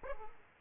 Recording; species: mosquito wingbeat signal from an infrared sensor; Aedes aegypti